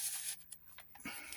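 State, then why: Not seated. A door latch on the second Atari 810 floppy disk drive is pushed to try to lock it, giving only faint brief taps around 0.5 s and 1.3 s over steady hiss. Nothing has seated or clicked yet: the latch is not sitting in and fails to lock.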